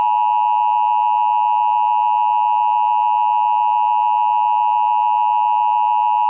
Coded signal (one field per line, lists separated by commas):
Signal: Emergency Alert System (SAME) tones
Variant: 853 and 960 Hz attention tone